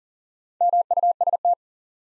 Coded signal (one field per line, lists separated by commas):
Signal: Morse code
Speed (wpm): 40 wpm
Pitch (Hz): 700 Hz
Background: none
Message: MUST